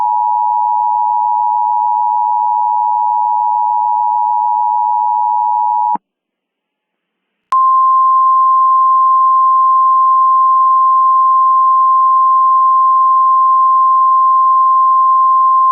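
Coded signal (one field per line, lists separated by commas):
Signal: Emergency Alert System (SAME) tones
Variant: 853 and 960 Hz attention tone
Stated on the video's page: Mock EAS scenario with valid EAS tones, not a real alert.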